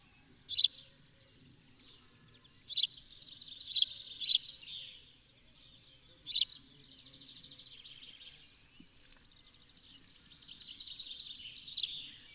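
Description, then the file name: House sparrow chirps, a few sharp notes early on and then spaced out, followed by soft, buzzy twittering toward the end. "Passer domesticus"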